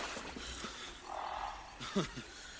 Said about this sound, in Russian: Девушка идет на звук, который издает раненый змей-волк.